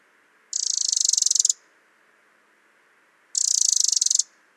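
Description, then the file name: Eurasian wren uttering two harsh, buzzy rattles of rapid ticking pulses, each lasting about a second, about three seconds apart, with quiet background. "Troglodytes troglodytes"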